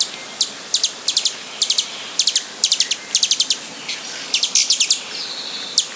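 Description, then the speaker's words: Broad-tailed Hummingbird chattering calls: rapid clusters of three or four high, sharp chips in quick bursts, with a brief thin buzz near the end, over steady hiss. Calls used to communicate with each other. "The second sound they make is the calls that they use to communicate to each other."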